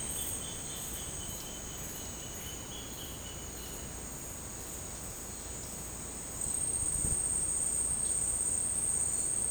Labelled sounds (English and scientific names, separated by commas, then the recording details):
Roadside Hawk (Rupornis magnirostris)
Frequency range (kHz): Roadside Hawk (Rupornis magnirostris) 2.5-3.6 kHz
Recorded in secondary vegetation near Puerto Asís, Putumayo, Colombia, on 23 June 2025 at 11:00
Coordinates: 0.484, -76.319
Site G074